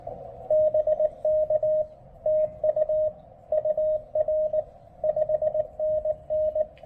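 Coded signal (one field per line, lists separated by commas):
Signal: Morse code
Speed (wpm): 19 wpm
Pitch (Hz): 590 Hz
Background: radio noise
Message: BK TU UR 5NN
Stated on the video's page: POTA park activation at Fort Dobbs with a Xiegu G106 QRP transceiver, MC-750 antenna, BCI filter kit, and battery power that ran down.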